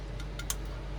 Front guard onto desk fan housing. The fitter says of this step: That locks into place, like so.